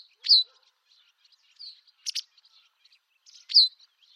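White wagtail calling, two loud, sharp, high chirps with a falling pitch, separated by soft twitters and a brief doubled note in the middle.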